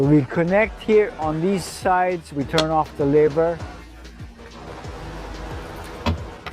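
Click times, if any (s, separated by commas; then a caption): 6.5 s. A rear folding seat in a 2025 Toyota Alphard minivan is worked by its lever and lowered to fold it into its floor mount, while someone talks over background music. At 6.5 s the seat latch gives a sharp click as it seats in place.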